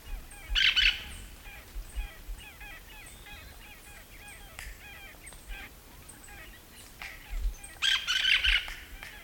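Hispaniolan parakeet giving harsh, grating screeches in two bursts, one near the start and one near the end, with faint chirping from other birds between.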